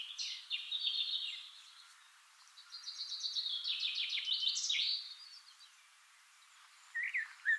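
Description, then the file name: Eurasian blackcap delivering warbled phrases with a stuttering, rapid trill in the middle, a quiet gap, then two short notes at the end. "Sylvia atricapilla"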